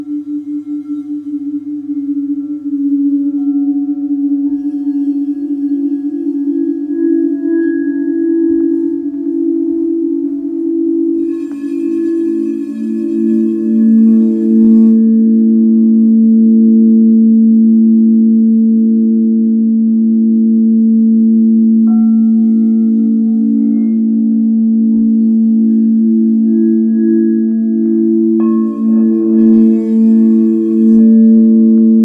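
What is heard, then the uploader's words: A sound bath of singing bowls hums in overlapping low tones, one ringing pitch giving way to a deeper one around the midpoint. The tones pulse and waver slowly, with bright metallic strikes near 12, 22 and 29 seconds and faint tapping between. Live Virtual Sound Bath.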